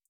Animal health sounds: hydrophone in a shrimp aquaculture tank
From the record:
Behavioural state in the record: feeding

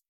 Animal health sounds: hydrophone in a shrimp aquaculture tank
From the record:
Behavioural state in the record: feeding

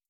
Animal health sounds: hydrophone in a shrimp aquaculture tank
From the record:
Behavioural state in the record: starved

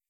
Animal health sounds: hydrophone in a shrimp aquaculture tank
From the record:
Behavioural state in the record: feeding

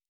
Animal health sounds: hydrophone in a shrimp aquaculture tank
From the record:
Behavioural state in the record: normal

